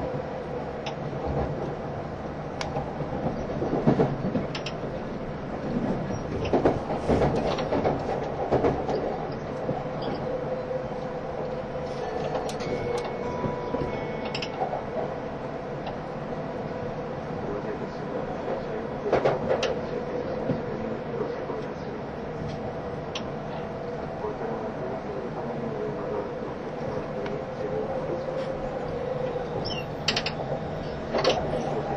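A train runs steadily with a low rumble and rattling, clanks and thumps at intervals, brief squeals, and faint voices in the background.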